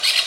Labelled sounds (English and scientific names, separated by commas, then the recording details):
Brown-throated Parakeet (Eupsittula pertinax) contact call
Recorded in Venezuela